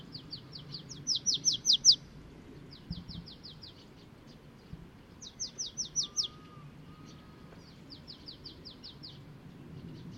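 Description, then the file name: Marsh tit repeating brief bursts of high, chipping notes, several series over ten seconds, with a faint whistle briefly in the background. "Poecile palustris"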